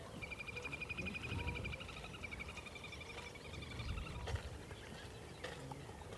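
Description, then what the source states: Little grebe whinny, a rapid high trill lasting a few seconds, like a squeaky laugh, over a low background rumble. Laughing, whinnying call from the reed beds of the Avalon Marshes, Somerset Levels, likened to a squeaky motorcycle trying to start up.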